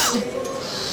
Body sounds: coughing mixed with background sound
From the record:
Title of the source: November cold (wet coughing)

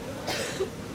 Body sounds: coughing mixed with background sound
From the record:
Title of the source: 55 gaggy wet cough

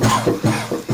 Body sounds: coughing mixed with background sound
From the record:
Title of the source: Cough Around the Clock!

